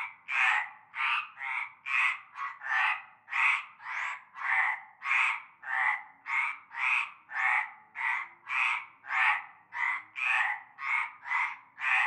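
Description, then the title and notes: Frog chorus, about twenty short rasping croaks following rapidly and unevenly, nearly two per second. Chorus heard from nightfall in a large concrete basin holding stagnant greenish water, Avenue Cante Coucou, La Ciotat, Bouches-du-Rhône, Provence, France. "Avenue Cante Coucou, Groupède, La Ciotat, Marseille, Bouches-du-Rhône, Provence-Alpes-Côte d'Azur, France métropolitaine, 13600, France - cœur de grenouilles. Une grande vasque en béton, un fond d'eau verdâtre croupissant. et un cœur de grenouilles dès la nuit tombée"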